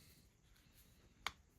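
While reassembling the motor of a water-damaged Dremel 3000 rotary multi-tool with a seized shaft, a carbon brush assembly is rotated in the motor housing until it seats. After quiet low rumble, a single sharp click at 1.3 s confirms it has clicked into place, followed by a fainter short tick at 1.6 s.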